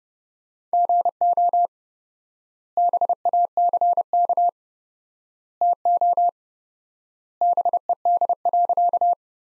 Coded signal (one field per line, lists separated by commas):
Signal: Morse code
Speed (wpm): 32 wpm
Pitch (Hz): 700 Hz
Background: none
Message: GO BACK TO BED.